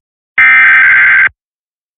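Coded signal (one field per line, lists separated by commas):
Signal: Emergency Alert System (SAME) tones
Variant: header bursts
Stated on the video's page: Test alert tones taken from a stream of NOAA Weather Radio station WXM56.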